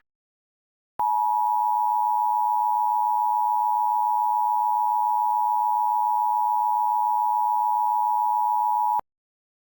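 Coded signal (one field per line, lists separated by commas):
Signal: Emergency Alert System (SAME) tones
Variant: 853 and 960 Hz attention tone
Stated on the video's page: Simulated EAS alert made in Audacity with macros and plugins; page warns the tones are valid.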